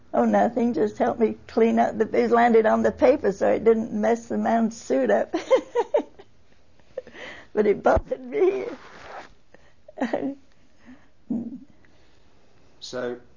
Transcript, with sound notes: Oh, nothing, just help me clean up. It landed on the paper, so it didn't mess the man's suit up. ( she laughs ) But it bothered me.
So